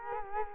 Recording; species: mosquito wingbeat signal from an infrared sensor; Culex quinquefasciatus